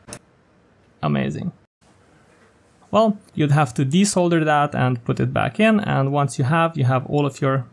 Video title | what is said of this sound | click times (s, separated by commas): Assembling the COSplayer: an Open Source Stimulus Delivery Device | that click sound amazing | 0.1 s